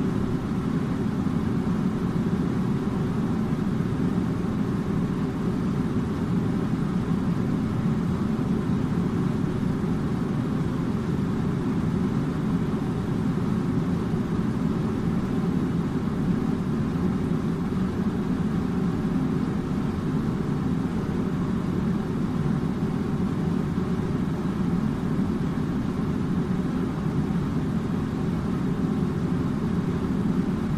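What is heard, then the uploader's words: An air conditioner runs with a steady, unbroken drone for the full half minute. The sound sits low and full, a dense hum with a faint airy hiss above it, holding the same level throughout without pauses, clicks or other sounds. Air Conditioner Sounds.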